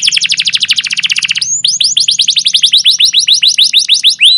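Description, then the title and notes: Canary song: a fast loud rolling trill for about a second and a half, then a rapid run of sharp descending chirps. Captive canary; long, continuous chirping song used as a lure and master recording to train young canaries to sing. "CUIT CUIT NGEROL LANGSUNG GACOR PANJANG Kenari Ini AMPUH Utk Pancingan KENAR. PANCINGAN Kenari GACOR PANJANG Cuit CUIT EMOSI ini AMPUH utk MASTERAN Kenari PAUD belajar BUNYI. burung kenari"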